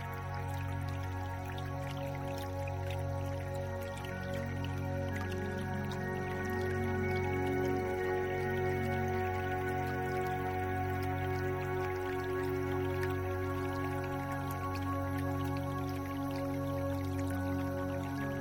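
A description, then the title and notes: Gentle water sounds with relaxing music. Sustained, steady chords hold throughout over a soft low pulse that repeats roughly once a second, while light scattered drips and trickles sparkle faintly on top. The level stays even for the whole stretch. Gentle water sounds wirh relaxing music.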